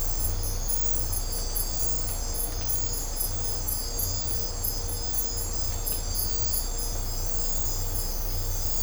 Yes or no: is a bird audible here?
no